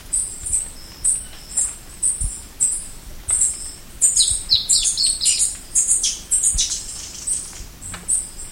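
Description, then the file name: Bird calling with a rapid series of very high, thin chirps, building into a dense stretch of quick twittering notes midway. "SABIOD 50 bird 2015"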